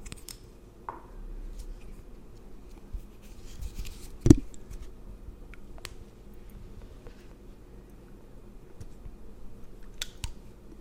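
Tingly pampering sounds for skin and hair: a soft, steady low rustle runs throughout, dotted with sharp little clicks and snips. The loudest click lands near four seconds, with smaller taps scattered around one, three, six and ten seconds.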